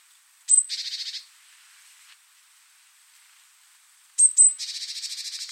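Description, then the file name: Great tit calling: one or two thin, very high notes followed by a harsh buzzy churr, the pattern repeating after a pause of about three seconds. "Parus major"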